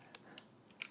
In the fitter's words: trigger lever I believe you will hear it click